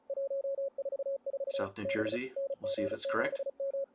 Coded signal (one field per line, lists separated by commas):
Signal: Morse code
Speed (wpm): 34 wpm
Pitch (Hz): 560 Hz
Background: speech, radio noise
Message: 144 B NG7M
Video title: NG7M 2020 ARRL Sweepstakes CW Live Operating (Saturday Evening after the start)